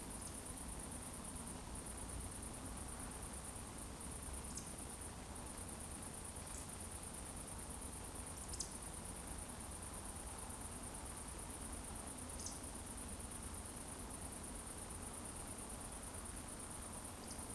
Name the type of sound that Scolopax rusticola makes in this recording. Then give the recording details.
whistle. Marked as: whistle, whistle, whistle, whistle, whistle. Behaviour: display flight. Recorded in Baden-Württemberg, Germany, on 25 June 2020 at 20:28 UTC. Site 14569, 102 m above sea level